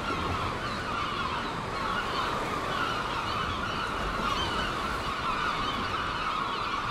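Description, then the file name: Gulls calling in a dense, steady chorus of overlapping harsh, wailing notes, many birds at once with no pause throughout. Gulls at Seaton, dated 17 03. "Seagulls Seaton 17 03"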